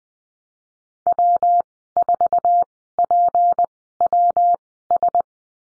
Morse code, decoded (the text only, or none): W4PWS